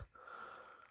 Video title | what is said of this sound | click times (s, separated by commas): LAMY 26P W Germany Fountain Pen Review | and I didn't hear that click because it is a used cartridge. | none